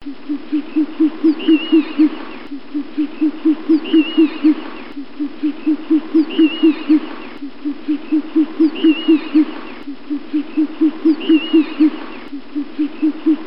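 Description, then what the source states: Short-eared owl giving low, hollow hoots in quick runs of about eight, each run repeating every two and a half seconds, with a thin rising-falling whistle above. Recorded in Gloucestershire.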